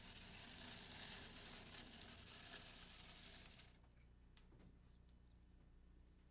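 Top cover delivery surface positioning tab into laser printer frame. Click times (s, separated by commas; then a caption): 4.4 s. During reassembly of an Apple LaserWriter Pro laser printer, the plastic delivery surface of the top cover is gently pressed until its positioning tab pops into place in the printer frame. A steady broadband hiss fills the first 3.7 seconds, then drops to a quieter background, and a single faint click is heard at 4.4 s as the tab seats.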